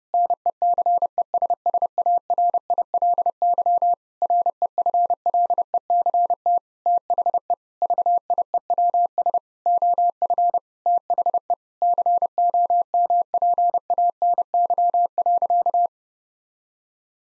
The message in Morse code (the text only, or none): NECESSARILY REFLECT THE VIEWS OF THE COMPANY.